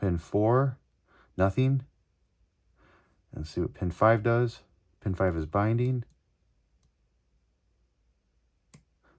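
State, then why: Seated. Someone talks while picking a padlock, lifting binding pin five in the cylinder with a pick under tension. At 8.7 s a short, faint click marks the pin setting at the shear line, with some movement in the core.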